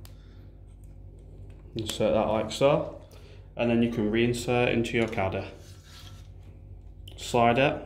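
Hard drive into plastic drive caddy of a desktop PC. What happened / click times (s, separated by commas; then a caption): The drive is handled but not yet seated in the caddy / none. A desktop hard drive is handled and slid toward its plastic drive caddy in a Dell OptiPlex 790, 7010, 390 or 3010 desktop PC, with a few faint ticks of handling under low background hum. Someone talks through most of the clip. The drive has not clicked or seated in the caddy yet.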